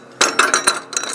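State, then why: Not seated. The steel handle of a 22-ton air-hydraulic floor jack is pushed into its socket on the jack's base. A series of sharp metallic clinks comes at about 0.2, 0.4, 0.5 and 0.7 s, followed by lighter scraping rattles. The handle has not yet locked or clicked into place.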